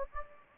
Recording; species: mosquito wingbeat signal from an infrared sensor; Anopheles gambiae